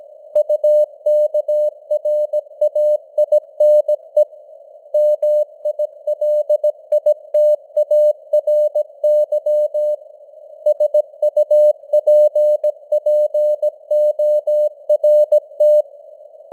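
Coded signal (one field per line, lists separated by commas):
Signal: Morse code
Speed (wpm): 17 wpm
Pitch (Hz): 600 Hz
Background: none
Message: UKRAINE MILITARY SUPPORT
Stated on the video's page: Simulated news headlines at 17 wpm with simulated radio noise and varying signal strength (QSB).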